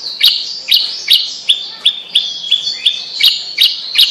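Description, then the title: Bird song: sharp high chirps repeated at a quick pace over a steady, thin, high warble. "Kicau Burung Yoi"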